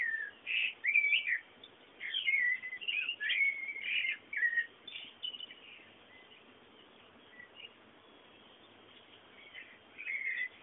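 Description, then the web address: Chirping bird song in short twittering phrases during the first five seconds, then mostly quiet hiss with a brief final phrase. Background bird sounds. "bullas Bullasdata sounds fondo pajaros"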